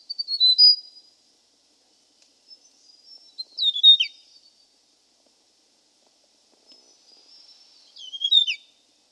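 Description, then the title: Hill prinia calling three times, each phrase a brisk cluster of thin high chirps and down-slurred notes, with gaps of a few seconds between. "prenjk gnung. Suara burung prenjak gunung"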